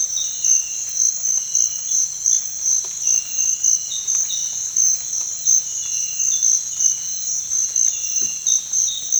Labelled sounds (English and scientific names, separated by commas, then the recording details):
none
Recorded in dense forest near Puerto Asís, Putumayo, Colombia, on 20 December 2024 at 06:00
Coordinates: 0.468, -76.322
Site G071